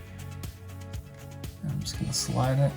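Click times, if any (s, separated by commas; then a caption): none. A RAM stick is angled into the laptop-style SO-DIMM memory slot of a Mac Mini and lined up before being slid and pressed home, while background music plays and someone talks. Two brief sharp sounds occur at about 0.4 s and 1.4 s. Nothing has seated or clicked yet.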